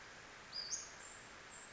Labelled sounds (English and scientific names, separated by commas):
Western Flycatcher (Empidonax difficilis)